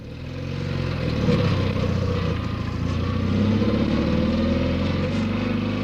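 A motorcycle engine rumbles steadily while riding through the city centre of Amsterdam, a low, throaty drone that swells in at the start and holds a constant pitch and loudness with no voices.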